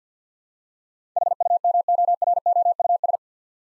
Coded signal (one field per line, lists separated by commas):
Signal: Morse code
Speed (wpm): 50 wpm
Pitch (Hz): 700 Hz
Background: none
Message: HUMOROUS